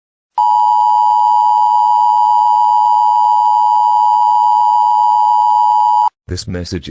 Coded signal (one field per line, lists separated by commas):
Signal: Emergency Alert System (SAME) tones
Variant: 853 and 960 Hz attention tone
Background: speech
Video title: (EAS Scenario) Neurax Doomsday